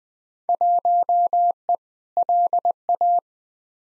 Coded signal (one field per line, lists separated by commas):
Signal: Morse code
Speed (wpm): 20 wpm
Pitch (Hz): 700 Hz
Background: none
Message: 1E LA